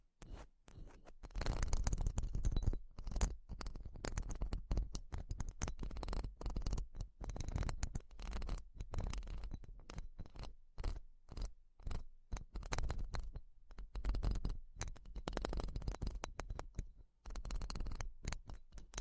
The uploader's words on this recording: TimASMR- strong ear attention Grab the microphone slowly. (no talking).